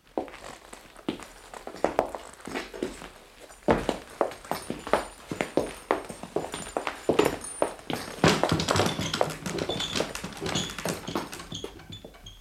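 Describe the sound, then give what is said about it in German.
A horse's hooves clip-clop in a quick, steady rhythm of sharp knocks that carries on for about twelve seconds, with no one speaking. “Ich würde mich aufs Pferd setzen, bevor Ihnen die Männer hier ihre Drohungen übel nehmen.”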